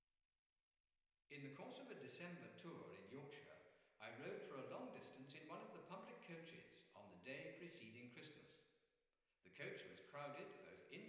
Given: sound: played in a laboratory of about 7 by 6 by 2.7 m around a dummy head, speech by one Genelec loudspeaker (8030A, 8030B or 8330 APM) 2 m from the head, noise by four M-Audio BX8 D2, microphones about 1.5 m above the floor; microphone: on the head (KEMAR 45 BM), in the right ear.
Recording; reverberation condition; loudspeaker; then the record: male speech in English; high; 60 degrees to the right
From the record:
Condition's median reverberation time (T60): about 1300 ms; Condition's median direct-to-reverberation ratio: about -4.0 dB